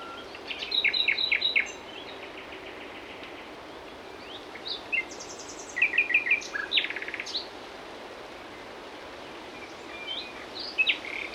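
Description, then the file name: Common nightingale song in separate bursts, with rapid repeated notes, buzzy trills and varied chirps separated by quiet gaps over steady background noise. "Luscinia megarhynchos"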